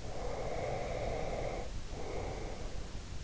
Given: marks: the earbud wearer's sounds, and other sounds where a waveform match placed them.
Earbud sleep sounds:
sounds in sleep by an in-ear microphone; breath
0.00-2.99 s: breath

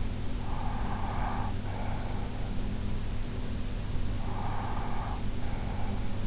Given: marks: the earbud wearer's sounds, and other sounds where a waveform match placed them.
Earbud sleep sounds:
sounds in sleep by an in-ear microphone; breath
0.31-3.00 s: breath
3.90-6.27 s: breath

